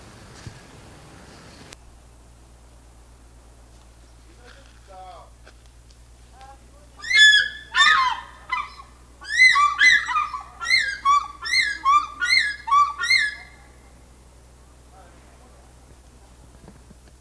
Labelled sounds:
African Fish-eagle (Haliaeetus vocifer)
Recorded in captivity
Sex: pair
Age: adult
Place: Zoo Berlin, Berlin, DE
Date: 2000-12-12 14:08
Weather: bedeckt, 12°C
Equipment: Nagra SN, Kopie Uher 4000 Report Monitor
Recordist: Tembrock, Günter

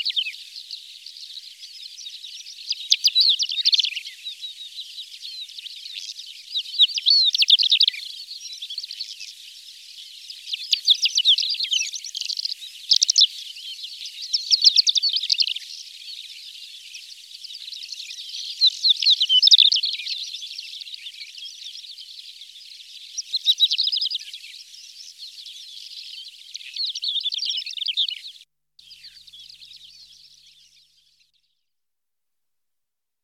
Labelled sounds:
Greater Short-toed Lark (Calandrella brachydactyla) song
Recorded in the wild
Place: Sandwüste nordwestl. Astrachan, Kalmykia, RU
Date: 1995-05-21
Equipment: Dat-Recorder Casio DA 7, Telinga DAT, Telinga-Parabolspiegel
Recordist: Schwarz, Dieter

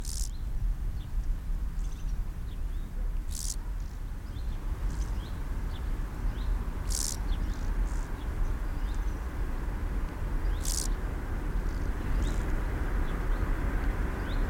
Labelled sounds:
Field Grasshopper (Chorthippus brunneus) stridulation
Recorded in the wild
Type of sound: stridulation
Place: Blankenfelde, Tegeler Fließ, Berlin, DE
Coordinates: 52.625, 13.404
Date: 1992-08-16 11:15
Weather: sonnig - wolkig, 17-22°C
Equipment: Marantz CP 430, Sennheiser ME 80, Kopie Tesla B 116
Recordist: Tembrock, Günter
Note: Arkenberge, Fließtalwiesen

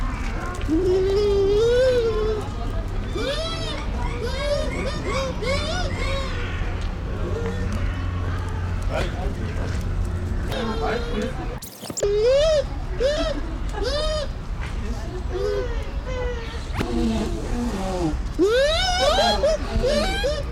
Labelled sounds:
Bush Dog (Speothos venaticus)
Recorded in captivity
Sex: pair
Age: adult
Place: Zoo Berlin, Berlin, DE
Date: 1993-03-20 14:04
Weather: 5-12 °C, böiger Wind
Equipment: Marantz CP 430, Sennheiser ME 80, Kopie Uher Variocord 263
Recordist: Tembrock, Günter
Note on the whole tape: Paar, umherlaufend, Weibchen-Laute meist bei Begegnung

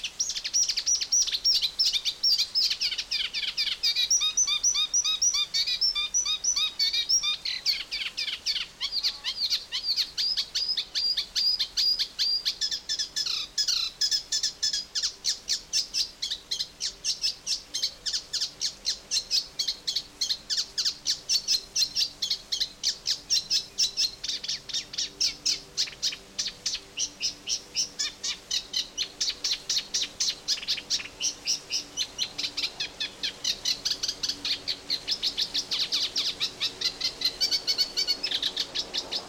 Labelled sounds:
Eurasian Reed Warbler (Acrocephalus scirpaceus)
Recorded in the wild
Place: Mühlenbeck, Brandenburg, DE
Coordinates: 52.667, 13.37
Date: 1992-06-27 13:39
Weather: sonnig, 22-26°C
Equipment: Marantz CP 430, Sennheiser ME 80, Kopie Tesla B 116
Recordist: Tembrock, Günter

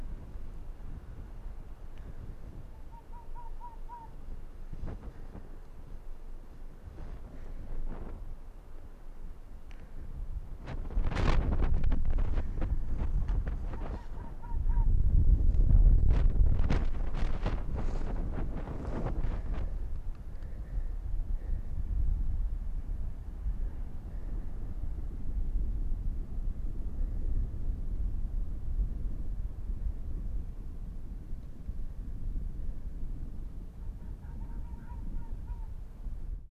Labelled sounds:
Arctic Fox (Vulpes lagopus)
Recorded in the wild
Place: Insel Mednyi, Kommandeur-Inseln, RU
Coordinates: 54.5167, 168.083
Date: 1999-08-22
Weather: 9°C, heiter
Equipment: Sony WM-D6C, Sennheiser ME 80, K 30 AV, Windkorb, Kopie Tascam DA 30
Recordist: Jakupi, Antje
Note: Südosten der Insel, Hüttental: Bellstrophen aus dem nordwestlichen Nachbartal des Hüttentals. Fünf aufgezeichnet

